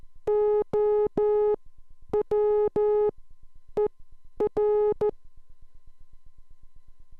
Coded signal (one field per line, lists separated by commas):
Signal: Morse code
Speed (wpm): 14 wpm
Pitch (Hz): 420 Hz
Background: none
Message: OWER